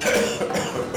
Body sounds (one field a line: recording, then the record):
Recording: coughing mixed with background sound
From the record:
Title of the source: Wet Throat Infection Cough